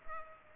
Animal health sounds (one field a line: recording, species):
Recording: mosquito wingbeat signal from an infrared sensor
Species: Culex pipiens